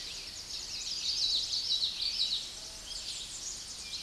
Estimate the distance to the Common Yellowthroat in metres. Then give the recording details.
about 20 m. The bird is about 10 m below the microphone. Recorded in a Pennsylvania forest on 16 May 2024 at 07:11. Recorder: AudioMoth, point MSD-2143. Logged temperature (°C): 16.0 °C. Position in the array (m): 38 m, 147 m